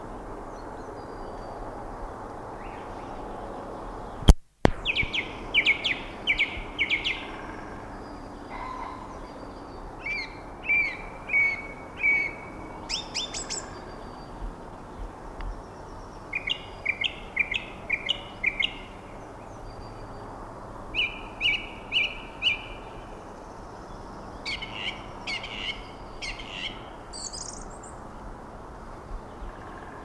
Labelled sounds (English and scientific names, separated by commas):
Song Thrush (Turdus philomelos) song